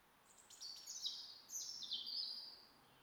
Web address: SETE Erithacus rubecula